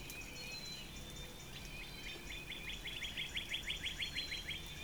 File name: Northern Cardinal